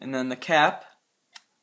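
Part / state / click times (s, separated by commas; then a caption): plastic end cap on a ballpoint pen barrel / released / 1.4 s. Someone talks, then the small plastic end cap of a ballpoint pen, its glue already broken by pinching, is pried off the barrel. It releases with a single sharp tick at 1.4 s, and the cap comes off.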